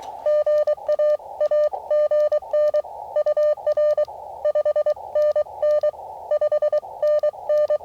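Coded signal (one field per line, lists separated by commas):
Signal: Morse code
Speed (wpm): 23 wpm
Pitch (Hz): 600 Hz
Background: none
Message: GA AGN UR 5NN 5NN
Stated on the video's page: CW Parks on the Air activation at US-5221 using a 9:1 random wire antenna; band conditions poor, slow start.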